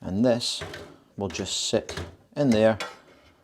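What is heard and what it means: A solid-state drive is handled as it is set into its mounting bracket inside a Vostro s260 desktop case, while someone talks throughout. Nothing has seated or clicked yet; the drive is not yet locked into its mount.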